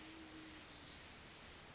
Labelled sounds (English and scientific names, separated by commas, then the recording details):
Pacific Wren (Troglodytes pacificus)
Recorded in Sonoma County, California